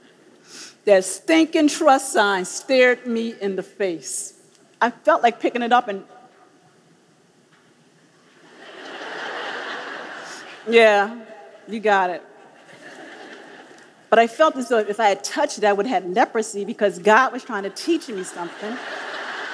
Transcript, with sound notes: That stinking trust sign stared me in the face. I felt like picking it up and (laughter) yeah, you've got it. But I felt as though if I had touched it, I would have leprosy, because God was trying to teach me something,